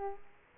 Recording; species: mosquito wingbeat signal from an infrared sensor; Aedes aegypti